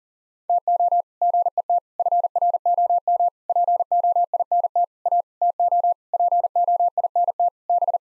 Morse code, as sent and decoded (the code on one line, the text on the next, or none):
- --- / --. . - / ..-. .-. --- -- / .--. --- .. -. - / .- / - --- / .--. --- .. -. - / -...
TO GET FROM POINT A TO POINT B